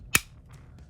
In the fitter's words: It'll click right into place.